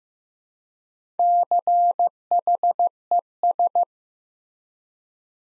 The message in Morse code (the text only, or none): CHES